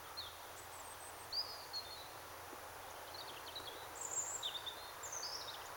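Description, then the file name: European robin giving thin, high, sliding notes in short scattered phrases, some rising and some falling, over a steady low background hiss. "Erithacus rubecula"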